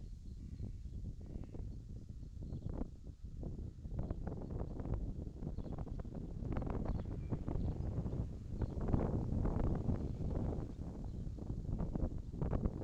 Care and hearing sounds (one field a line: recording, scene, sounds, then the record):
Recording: everyday scene through a hearing-aid microphone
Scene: wind on the microphone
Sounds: wind, traffic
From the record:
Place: in front of a rural house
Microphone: in the ear canal, left